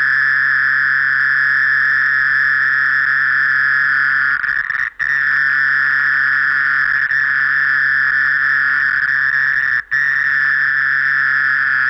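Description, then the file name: Mole cricket song, a steady unbroken whistling trill with overtones, held throughout except two brief drops near five and ten seconds. "Gryllotalpa sp"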